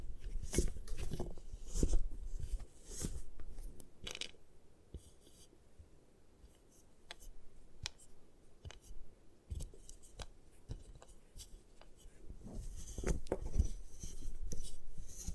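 Gym chalk being crushed and broken apart, with dry crunching and crumbling mixed with sharp cracks and clicks. The crunches come in irregular bursts, thick in the first few seconds and again around 12 to 14 seconds, with a sparser, quieter stretch in the middle.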